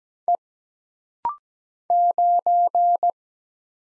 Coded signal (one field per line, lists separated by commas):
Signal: Morse code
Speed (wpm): 17 wpm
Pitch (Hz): 700 Hz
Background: none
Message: E 9